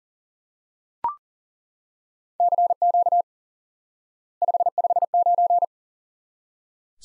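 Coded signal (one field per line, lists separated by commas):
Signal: Morse code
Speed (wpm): 40 wpm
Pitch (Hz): 700 Hz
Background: none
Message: CQ 559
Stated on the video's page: Instant word recognition lesson on common QSO elements: 559.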